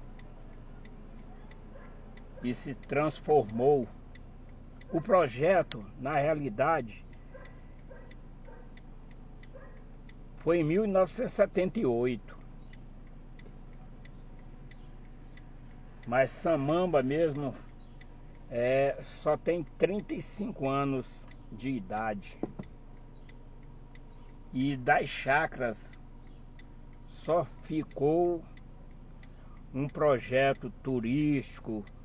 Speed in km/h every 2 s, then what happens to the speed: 0, 0, 0, 0, 0, 0, 0, 0, 0, 0, 0, 0, 0, 0, 0, 0.
0-32 standing.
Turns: none.